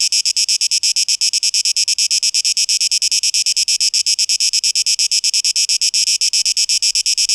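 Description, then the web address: Cicada song, a dense high buzz throbbing in quick, even pulses for the whole stretch, nothing else standing out. Cicadas recorded on 12 August 2023. "rauschpartikel Audio 2023-08-12 Zikaden"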